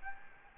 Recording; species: mosquito wingbeat signal from an infrared sensor; Anopheles gambiae